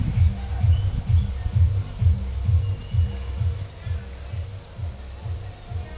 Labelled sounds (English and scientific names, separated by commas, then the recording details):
none
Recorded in pastures near Puerto Asís, Putumayo, Colombia, on 22 December 2024 at 15:30
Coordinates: 0.497, -76.327
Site G088